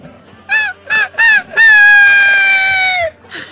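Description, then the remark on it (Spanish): A person imitates a rooster crowing: three short, bright, rising syllables followed by one long, loud, sustained note that slowly falls in pitch, with no other talking. “Pará, un gallo me sale re bien.”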